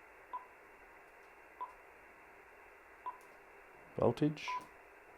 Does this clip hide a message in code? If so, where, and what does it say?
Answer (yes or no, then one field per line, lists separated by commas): no